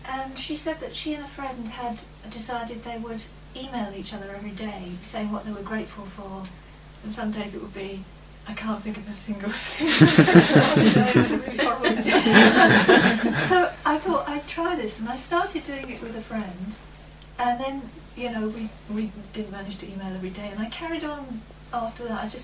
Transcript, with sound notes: She said that she and a friend had decided they would email each other every day saying what they were grateful for. Some days it would be, "I can't think of a single thing." [laughter] So I thought I would try this, and I started doing it with a friend. We didn't manage to email every day, and I carried on after that.